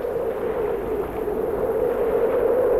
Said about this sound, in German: Der Sturm nimmt überhand.